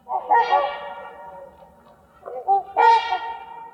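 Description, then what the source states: Trumpeter swan honks, resonant nasal trumpeting notes in two short bouts separated by a pause. Wintering flock at Magness Lake near Heber Springs, Arkansas, an Important Bird Area.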